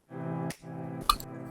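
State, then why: Seated. An implant-supported removable overdenture is pushed onto a model so that its embedded clip snaps over a ball-shaped implant attachment, with steady harmonic background music throughout. A sharp click at 1.1 s marks the clip seating on the ball, followed by a faint tick around 1.2 s.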